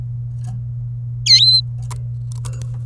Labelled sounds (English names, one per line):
Domestic Canary song